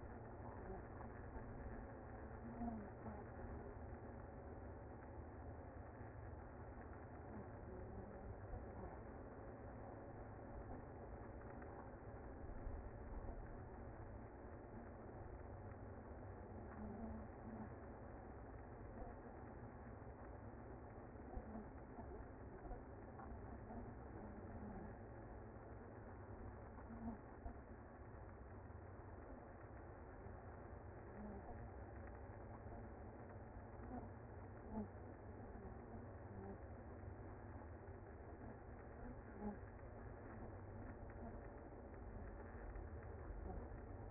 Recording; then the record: honeybee colony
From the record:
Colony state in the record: active